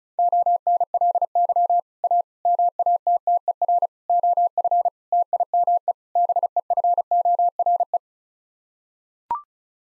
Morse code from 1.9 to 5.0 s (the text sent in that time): A MATTER OF